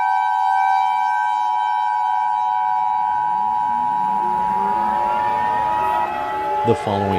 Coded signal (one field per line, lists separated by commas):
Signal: Emergency Alert System (SAME) tones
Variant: 853 and 960 Hz attention tone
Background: speech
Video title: EAS Scenario - Gamma Ray Burst